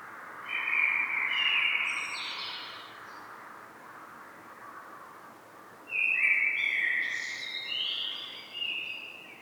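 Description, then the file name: Common blackbird song in two phrases: rich whistled notes followed by brief high squeaky twitters, the second phrase starting after a pause of a few seconds. "Turdus merula"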